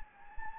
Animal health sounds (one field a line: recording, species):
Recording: mosquito wingbeat signal from an infrared sensor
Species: Anopheles gambiae